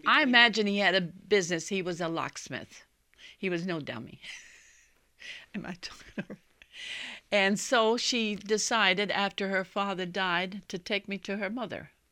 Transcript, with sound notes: I imagine he had a business. He was a locksmith. He was no dummy. ( she laughs ) And so she decided, after her father died, to take me to her mother.